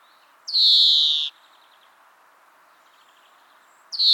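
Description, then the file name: European greenfinch drawn-out nasal wheeze lasting nearly a second, dropping slightly in pitch, followed after a pause by the start of another. "Chloris chloris"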